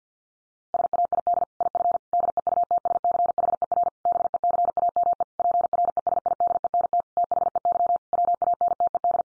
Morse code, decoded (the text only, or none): SAID IF DEUTSCHER BECAME PRESIDENT THEY WANTED